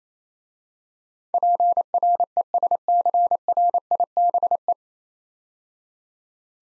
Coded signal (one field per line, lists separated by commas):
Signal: Morse code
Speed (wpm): 28 wpm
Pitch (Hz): 700 Hz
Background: none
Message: PRESCRIBE